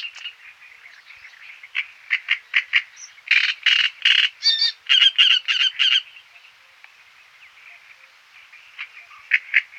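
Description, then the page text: Great reed warbler singing harsh, frog-like croaking syllables in rapid repeated series, swelling into a loud chattering middle phrase before fading, then resuming briefly. "Great Reed Warbler Song - Quick Sounds"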